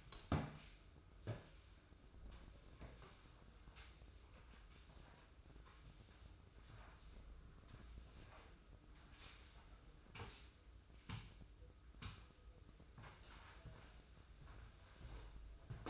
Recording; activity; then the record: daily activity, microphone in the room; sweep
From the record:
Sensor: 2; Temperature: 24.2 degrees Celsius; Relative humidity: 31.4%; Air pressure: 995.8 hPa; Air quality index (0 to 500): 93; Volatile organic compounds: 5 ppm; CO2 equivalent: 1716 ppm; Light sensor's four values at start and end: 23/74/29/28 and 25/79/32/30